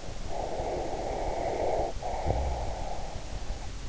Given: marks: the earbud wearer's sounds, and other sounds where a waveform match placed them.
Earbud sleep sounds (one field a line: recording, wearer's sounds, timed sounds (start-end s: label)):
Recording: sounds in sleep by an in-ear microphone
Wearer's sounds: breath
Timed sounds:
0.04-3.66 s: breath